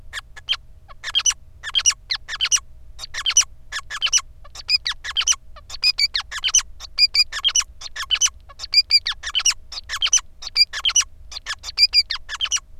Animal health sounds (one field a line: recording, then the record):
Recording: song of a male Bengalese finch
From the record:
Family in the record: son of father 5